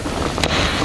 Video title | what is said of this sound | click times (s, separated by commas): Shop Bits & Pieces #3 | okay then you put your new Springs over the boss and slide this through it snaps | 0.4 s